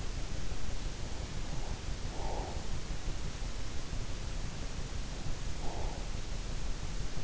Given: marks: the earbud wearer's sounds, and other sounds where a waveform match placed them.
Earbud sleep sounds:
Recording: sounds in sleep by an in-ear microphone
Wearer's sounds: breath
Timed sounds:
0.95-2.84 s: breath
5.37-6.02 s: breath

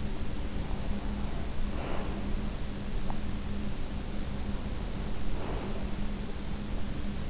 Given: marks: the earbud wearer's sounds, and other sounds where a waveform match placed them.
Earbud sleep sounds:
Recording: sounds in sleep by an in-ear microphone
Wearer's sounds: breath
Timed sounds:
1.55-2.49 s: breath
5.23-5.98 s: breath

